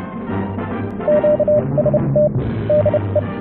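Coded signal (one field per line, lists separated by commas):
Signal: Morse code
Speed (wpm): 30 wpm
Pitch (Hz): 600 Hz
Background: none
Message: QST DE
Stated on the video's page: HF reception comparing noise rejection of a doublet antenna with 4:1 balun against an EFHW antenna.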